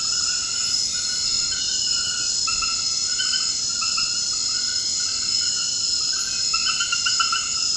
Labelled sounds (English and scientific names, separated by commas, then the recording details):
none
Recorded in dense forest near Puerto Asís, Putumayo, Colombia, on 18 February 2024 at 23:00
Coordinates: 0.472, -76.329
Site G6394